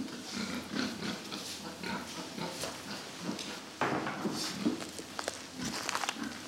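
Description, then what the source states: Pig snorts, short noisy grunting bursts repeated irregularly throughout, with some shuffling and scraping sounds. Several pigs snorting.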